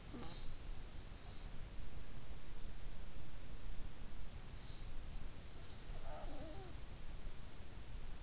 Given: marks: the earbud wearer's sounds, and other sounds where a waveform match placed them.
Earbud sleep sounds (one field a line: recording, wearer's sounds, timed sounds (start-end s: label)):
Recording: sounds in sleep by an in-ear microphone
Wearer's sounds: snoring breath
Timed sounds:
0.00-1.62 s: snoring breath
5.56-7.83 s: snoring breath